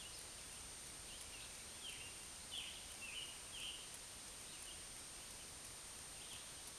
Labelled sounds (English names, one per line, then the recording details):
Scarlet Tanager song
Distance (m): 80 m
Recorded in a Pennsylvania forest on 1 June 2023 at 08:08
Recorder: AudioMoth, point grid3_8_low
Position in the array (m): 166 m, 141 m